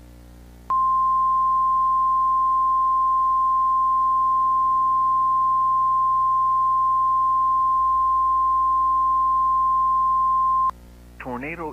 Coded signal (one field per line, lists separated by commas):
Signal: Emergency Alert System (SAME) tones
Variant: 1050 Hz attention tone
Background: speech